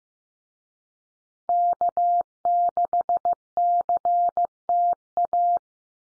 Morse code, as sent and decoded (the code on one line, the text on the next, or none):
-.- -.... -.-. - .-
K6CTA